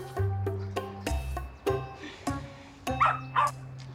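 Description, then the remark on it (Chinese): A dog barks repeatedly in short, sharp yaps at an irregular pace, with a steady tonal musical backdrop humming underneath. “又不是让你做坏事，只是一起遛狗，省着公园那个养贵妇的女生总缠着我。”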